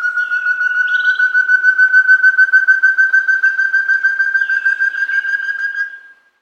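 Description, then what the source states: Such's antthrush calling: a long, even series of rapid hooting whistled notes on one pitch, rising slightly, lasting about six seconds before fading, with faint higher bird notes behind. South America.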